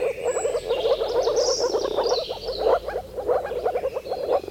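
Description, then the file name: Moor frog chorus: dense overlapping bubbling croaks, low and continuous throughout, with high whistling notes above. "konnad rabakonn"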